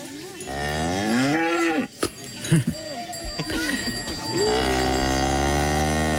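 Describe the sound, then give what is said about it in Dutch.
Cows moo in long, low, drawn-out calls, one after another with overlapping voices, broken midway by a few short sharp knocks before another sustained moo rises and holds, in a mountain village, Gstaad, Switzerland. “En het geluid van je jeugd. Waar stonden deze koeien?”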